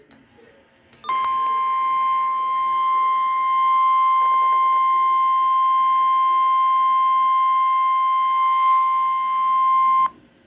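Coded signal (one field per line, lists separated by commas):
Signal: Emergency Alert System (SAME) tones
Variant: 1050 Hz attention tone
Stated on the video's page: Severe thunderstorm warning EAS alert, with real thunder audible outside during recording.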